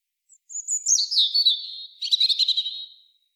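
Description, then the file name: European robin song phrase: a high thin whistle sliding down into a rapid trilling, scratchy warble, about two and a half seconds long, with no other sounds. "Erithacus rubecula"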